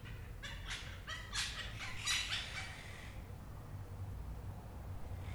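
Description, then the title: Parakeet squawks: a run of raspy calls lasting about three seconds, then quiet over a low background rumble. Recorded 11 March 2022. "cotorras-11-marzo-2022"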